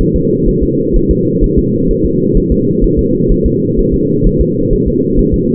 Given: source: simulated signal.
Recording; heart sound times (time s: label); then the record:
fetal heart sounds
0.01 s: S1
0.16 s: S2
0.49 s: S1
0.63 s: S2
0.96 s: S1
1.11 s: S2
1.44 s: S1
1.59 s: S2
1.91 s: S1
2.05 s: S2
2.37 s: S1
2.52 s: S2
2.84 s: S1
2.99 s: S2
3.32 s: S1
3.46 s: S2
3.79 s: S1
3.94 s: S2
4.27 s: S1
4.41 s: S2
4.73 s: S1
4.88 s: S2
5.19 s: S1
5.34 s: S2
From the record:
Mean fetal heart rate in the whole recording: 130 bpm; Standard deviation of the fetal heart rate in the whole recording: 4 bpm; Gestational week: 38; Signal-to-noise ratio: -11.2 dB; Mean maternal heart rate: 72 bpm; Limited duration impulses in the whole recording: present